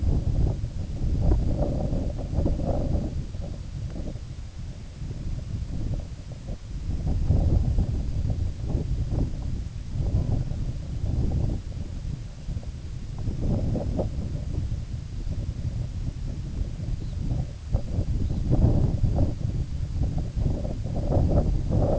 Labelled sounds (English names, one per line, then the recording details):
Red Phalarope
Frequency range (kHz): Red Phalarope 2.8-4.8 kHz
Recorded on Arctic tundra, site IGLO-A, on 19 June 2018
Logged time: 03:59